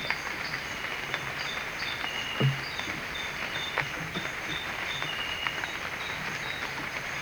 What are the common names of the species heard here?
none